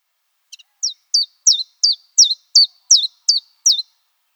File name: phylloscopus collybita